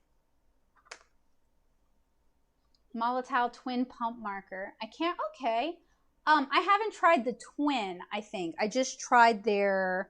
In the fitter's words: plastic ball in there so you want to pop it until you hear it click